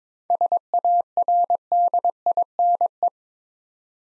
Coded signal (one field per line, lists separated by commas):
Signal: Morse code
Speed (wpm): 23 wpm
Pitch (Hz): 700 Hz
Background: none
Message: SARDINE